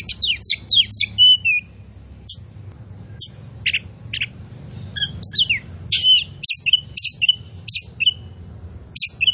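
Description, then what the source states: Oriental magpie-robin song: fast cascading whistles at first, then spaced sweet notes and slurred phrases. Kacer poci; gacor, singing vigorously and constantly.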